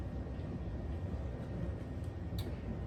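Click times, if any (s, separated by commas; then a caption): 2.4 s. A plastic right rear grill piece is pressed onto the back of the nacelle of an Enterprise-D starship model, over a steady low rumble of background noise. A short, bright click at 2.4 s marks the grill snapping into place on the nacelle frame, where it sits snug and fits perfectly.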